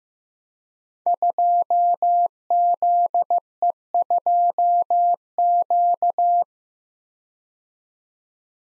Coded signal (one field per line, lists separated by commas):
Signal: Morse code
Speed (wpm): 15 wpm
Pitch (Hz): 700 Hz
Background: none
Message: 2ZE2Q